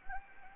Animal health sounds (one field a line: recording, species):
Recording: mosquito wingbeat signal from an infrared sensor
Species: Anopheles gambiae